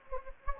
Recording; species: mosquito wingbeat signal from an infrared sensor; Anopheles gambiae